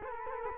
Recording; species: mosquito wingbeat signal from an infrared sensor; Culex quinquefasciatus